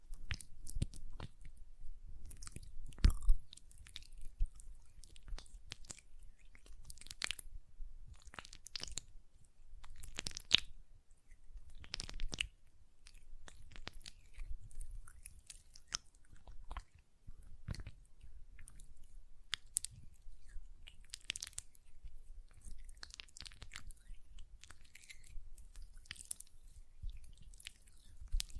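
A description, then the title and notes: Hand sounds with nail tapping and lotion: a dense run of short crisp clicks and taps, scattered irregularly across the whole half minute with brief gaps. Between taps come soft, sticky rubbing and crackly moist noises, with a low rumble underneath throughout. Hand Sounds, Nail Tapping and Lotion Sounds.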